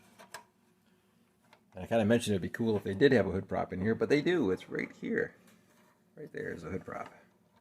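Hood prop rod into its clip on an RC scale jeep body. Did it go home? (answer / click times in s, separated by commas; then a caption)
no / none. Someone talks while handling the small plastic hood prop rod that fits into its clip in the body of an FMS ROC Hobby 1:6 1941 MB Scaler RC scale jeep, with faint brief ticks near 0.4 s and 1.5 s before the talking starts. The prop has not snapped into place yet; nothing has seated or clicked.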